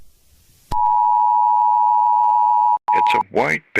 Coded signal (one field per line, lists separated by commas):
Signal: Emergency Alert System (SAME) tones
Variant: 853 and 960 Hz attention tone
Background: speech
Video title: Indominus rex escape (EAS SCENARIO Jurrasic World 2015)